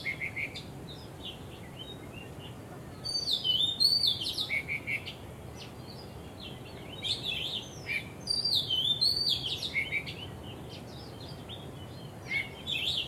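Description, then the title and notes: Bird song: two strong phrases of descending whistled notes about five seconds apart, with other chirping calls scattered throughout. Birds singing vigorously at Wu Kai Sha, Hong Kong, on 15 December 2006; recorded with AKG condenser microphones in XY stereo. "香港 烏溪沙 雀鳥勁唱歌 Date: 15 December 2006"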